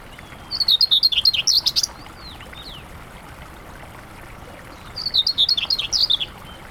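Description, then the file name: Common whitethroat song: two short scratchy, jerky warbling phrases a few seconds apart, each lasting just over a second, over a faint background hiss. "whitethroat-common -Sylvia-communis"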